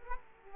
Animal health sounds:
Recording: mosquito wingbeat signal from an infrared sensor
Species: Culex quinquefasciatus

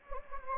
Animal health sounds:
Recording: mosquito wingbeat signal from an infrared sensor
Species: Anopheles gambiae

